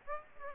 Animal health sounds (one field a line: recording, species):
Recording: mosquito wingbeat signal from an infrared sensor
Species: Aedes aegypti